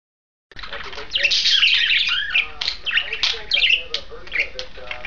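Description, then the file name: Budgerigar chatter starting after a short silence: fast, scratchy warbling with squeaky and clicking notes and short squawks, in uneven bursts. A pair of budgerigars. "suara pasangan parkit. omkicau"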